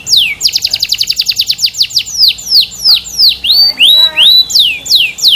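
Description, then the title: Canary song: a rapid series of downward-sweeping whistles that slow into longer, looping slurred notes, bright and high. Kenari described as gacor, singing actively and continuously. "SUARA BURUNG : Kenari Gacor"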